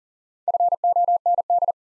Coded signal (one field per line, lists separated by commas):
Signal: Morse code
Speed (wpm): 40 wpm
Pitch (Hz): 700 Hz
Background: none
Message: FOND